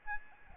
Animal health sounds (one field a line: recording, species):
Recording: mosquito wingbeat signal from an infrared sensor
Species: Aedes albopictus